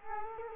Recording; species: mosquito wingbeat signal from an infrared sensor; Culex quinquefasciatus